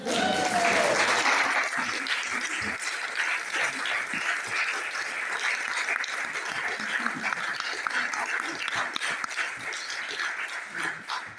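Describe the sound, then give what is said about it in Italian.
Steady applause from an audience at a reading in Genoa, dense clapping that fills the whole stretch at an even, fairly loud level without fading, a brief murmur of voices near the start. “Un applauso.”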